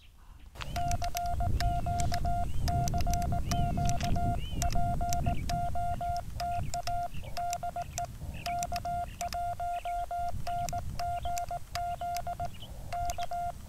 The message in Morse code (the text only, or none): CQ CQ POTA DE K1NGZ K